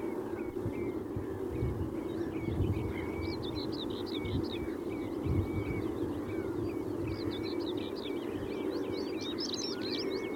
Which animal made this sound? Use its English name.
European Stonechat